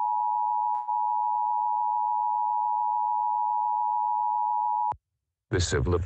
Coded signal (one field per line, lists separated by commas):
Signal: Emergency Alert System (SAME) tones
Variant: 853 and 960 Hz attention tone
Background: speech